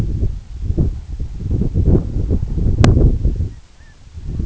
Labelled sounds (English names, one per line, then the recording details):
Canada Goose
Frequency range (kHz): Canada Goose 0.6-2.2 kHz
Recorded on Arctic tundra, site EABA-1, on 29 June 2018
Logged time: 20:00